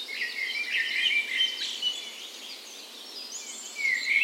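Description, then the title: Birds: dawn chorus with many birds, tangled high chirps and trills early on, then a clearer rising whistled phrase near the end. Dawn chorus recorded on the morning of 17 May, Norway's National Day, in a park west in Bergen, Norway, in spring; Sony PCM A10 recorder with LOM Usi microphones as "tree ears". "17th Of May Dawn Chorus"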